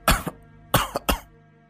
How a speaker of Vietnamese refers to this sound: Thầy … càng nói thì lại càng ho nhiều hơn.